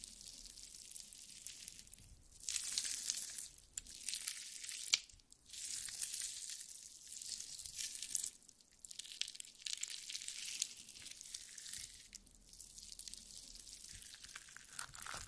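Jelly being squished and handled gives wet, crackly, squelching sounds throughout. The texture is dense and bright, with little bottom end, and bursts of louder squelching swell around 2–3, 4–5, 8–9 and 12 seconds. A sharp click lands near the five-second mark.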